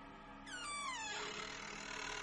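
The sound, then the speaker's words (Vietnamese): The hinges of the door in the middle of a house creak as it slowly swings open, letting in cold early-winter air, in one long, drawn-out squeal that slides downward in pitch, then fades into a soft, airy rasp. No one speaks. “Vừa dứt lời, tiếng cánh cửa bản lề kéo ca kéo kẹt vang lên.”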